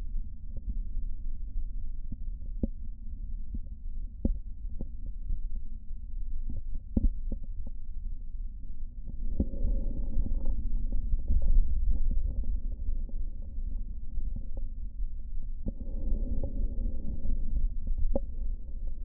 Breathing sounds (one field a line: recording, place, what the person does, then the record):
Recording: lung sounds by stethoscope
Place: left posterior basal chest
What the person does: quiet breathing, then deep breathing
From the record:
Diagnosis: interstitial lung disease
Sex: male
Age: 72 years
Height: 170 cm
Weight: 62.9 kg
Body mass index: 21.8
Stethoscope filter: diaphragm mode